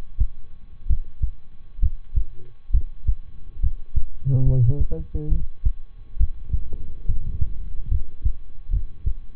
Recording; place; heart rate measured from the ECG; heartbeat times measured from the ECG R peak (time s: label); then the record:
heart sounds by stethoscope; between the tricuspid and mitral areas; 69 bpm
0.86 s: heartbeat
1.78 s: heartbeat
2.70 s: heartbeat
3.59 s: heartbeat
4.42 s: heartbeat
5.28 s: heartbeat
6.16 s: heartbeat
7.04 s: heartbeat
7.88 s: heartbeat
8.69 s: heartbeat
From the record:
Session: rest, lying down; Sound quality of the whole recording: good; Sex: male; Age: 23 years